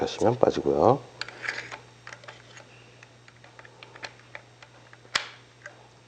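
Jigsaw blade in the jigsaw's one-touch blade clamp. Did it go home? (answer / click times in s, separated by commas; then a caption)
yes / 5.2 s. A jigsaw blade is reinserted into the jigsaw's one-touch blade clamp after someone talks briefly at the start. Small ticks and rattles of handling follow. A sharp snap at 5.2 seconds marks the blade seating in the clamp.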